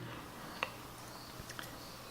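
A Xiaomi Mi Band 3 fitness tracker capsule is pushed out of its silicone wrist strap against a quiet background. Two small, sharp snaps sound at 0.6 s and 1.6 s as the pod comes free of the strap.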